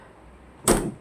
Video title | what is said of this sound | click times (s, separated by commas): 💥ตู้เย็นปิดไม่สนิท ลูกยางเสื่อมสภาพ แก้ปัญหาง่ายๆใครๆก็ทำได้ | ก็จะเข้าล็อคแบบนี้เลยนะครับอ่ะเข้า | 0.7 s